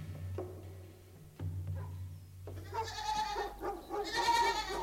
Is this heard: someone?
no